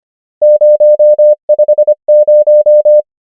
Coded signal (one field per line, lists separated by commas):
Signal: Morse code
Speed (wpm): 25 wpm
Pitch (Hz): 600 Hz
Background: none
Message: 0 5 0